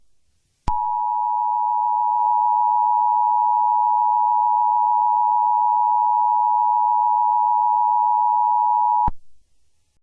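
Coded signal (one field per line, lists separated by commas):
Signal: Emergency Alert System (SAME) tones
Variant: 853 and 960 Hz attention tone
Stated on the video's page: Fictional EAS scenario; the EAS tones and attention signals are simulated recreations.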